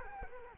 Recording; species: mosquito wingbeat signal from an infrared sensor; Culex quinquefasciatus